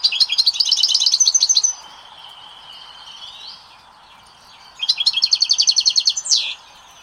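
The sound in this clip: European goldfinch song: two fast, liquid twittering trills separated by a pause, with a faint thin whistle between them.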